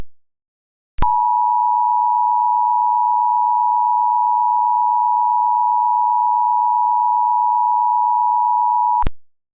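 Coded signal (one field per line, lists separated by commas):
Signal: Emergency Alert System (SAME) tones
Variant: 853 and 960 Hz attention tone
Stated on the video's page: Mock EAS Required Monthly Test for all of Texas, using valid EAS tones.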